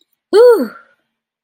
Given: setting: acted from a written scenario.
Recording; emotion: vocal sound without words; triumph